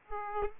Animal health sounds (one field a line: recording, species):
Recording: mosquito wingbeat signal from an infrared sensor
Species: Aedes aegypti